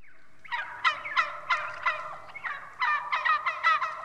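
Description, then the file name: Wild turkey giving a rattling gobble after a brief lead-in note, harsh bubbling pulses coming in two quick runs with a short pause between. "Digiffects Sound Effects Library - Wild Turkey"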